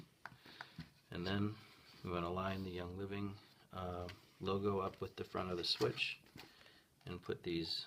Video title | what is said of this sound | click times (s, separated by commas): How To Repair A Young Living Home Diffuser | until you hear a click there you go | 0.3 s